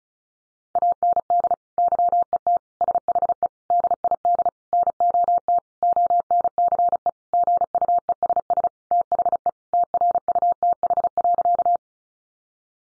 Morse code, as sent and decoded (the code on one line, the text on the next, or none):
.- -. -.. / -.-- . - / ... .... . / -.. .. -.. / -. --- - / --- -. -.-. . / --. ..- . ... ... / - .... . / - .-. ..- - .... .-.-.-
AND YET SHE DID NOT ONCE GUESS THE TRUTH.